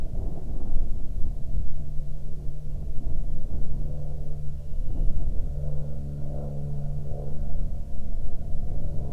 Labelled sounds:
wind, aircraft
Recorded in the Prudhoe Bay oil fields, Alaska, on 16 June 2019 at 18:47
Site 16

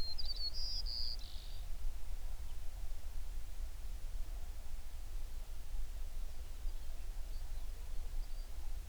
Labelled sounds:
songbird
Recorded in the Prudhoe Bay oil fields, Alaska, on 11 June 2019 at 04:53
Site 21

